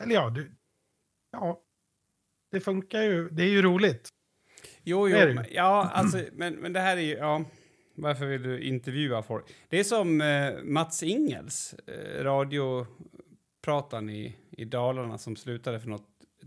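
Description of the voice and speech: Relaxed conversational Swedish from adult voices at a moderate pitch, with short back-channel replies like "ja" and "jo, jo". Ordinary everyday hesitations and word repeats such as "men, men" and "eh" appear, with no sign of a speech or voice disorder.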